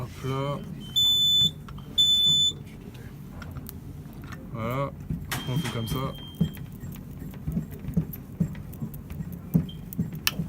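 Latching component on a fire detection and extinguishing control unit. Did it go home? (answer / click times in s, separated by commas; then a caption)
yes / 10.3 s. Someone talks while working a latching component on a fire detection and extinguishing control unit, with electronic beeps and small handling knocks along the way. The component is pushed or snapped until it locks, and it clicks into place with a sharp click at 10.3 s, so it is seated.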